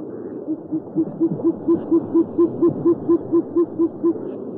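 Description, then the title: Owl giving a rapid, even series of short low hoots over steady background noise. "Sovy - Eulen - Owls"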